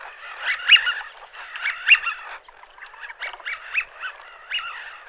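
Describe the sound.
Eurasian wigeon calls, several bursts of short harsh notes with bright whistled peaks.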